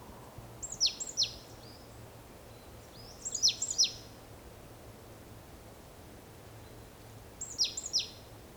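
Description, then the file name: Great tit calls: clusters of a few thin, high descending notes, repeated three times throughout with steady low hiss between. "Parus major"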